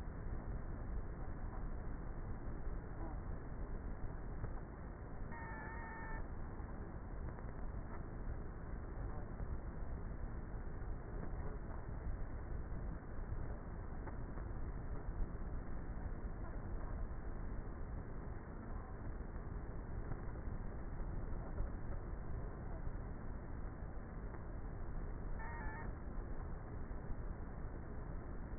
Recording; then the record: honeybee colony, microphone inside the hive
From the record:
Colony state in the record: queenless with a low population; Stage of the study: before two queens were removed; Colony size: about 30,000 bees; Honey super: no